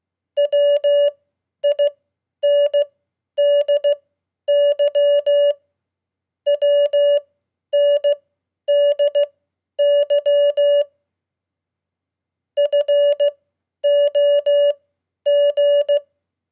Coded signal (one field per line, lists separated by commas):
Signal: Morse code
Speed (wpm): 16 wpm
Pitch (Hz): 580 Hz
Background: none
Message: WINDY WNDY FOG